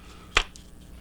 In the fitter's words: When it comes open, it snaps